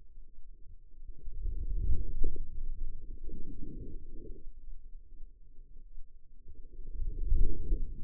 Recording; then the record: forearm muscle sounds (acoustic myography)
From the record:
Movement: outward rotation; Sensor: system 2, bracelet of six BSWA MPA416 microphones around the upper forearm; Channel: 6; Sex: female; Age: 25 years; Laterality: right